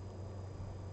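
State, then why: Not seated. A replacement joystick part is being handled and fitted into a PS4 controller during a repair, but nothing has seated or clicked yet. Only a steady low hum and faint broadband background noise are heard, with no distinct click.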